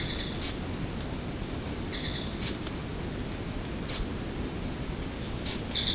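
Stumpffia gimmeli frog calling, four very short, high-pitched clicking notes spaced about one and a half to two seconds apart over a steady background hiss.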